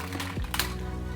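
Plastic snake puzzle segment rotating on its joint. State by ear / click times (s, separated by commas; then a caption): seated / 0.5 s, 0.6 s. A plastic prism segment of a 48-piece snake twist puzzle is rotated on its joint over a steady low tonal hum. It gives a sharp double click at 0.5 and 0.6 seconds as it snaps into its detent position and seats.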